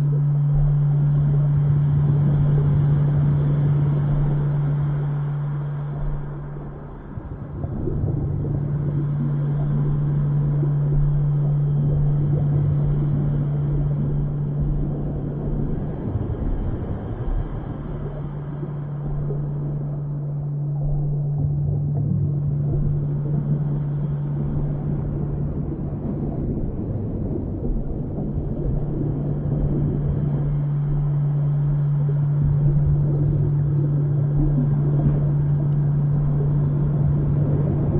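A deep singing-bowl tone hums steadily over a dense, rumbling underwater wash, dropping out briefly around every ten seconds before returning. The sound stays low and muffled throughout, with nothing bright or sharp on top.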